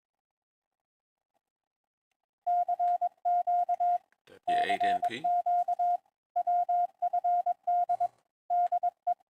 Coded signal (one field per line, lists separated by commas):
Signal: Morse code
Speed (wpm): 22 wpm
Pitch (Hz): 710 Hz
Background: none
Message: CQ CQ WFD DE